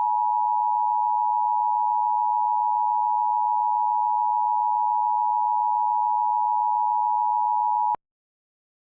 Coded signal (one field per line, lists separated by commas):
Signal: Emergency Alert System (SAME) tones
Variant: 853 and 960 Hz attention tone